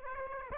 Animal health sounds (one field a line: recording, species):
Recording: mosquito wingbeat signal from an infrared sensor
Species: Aedes aegypti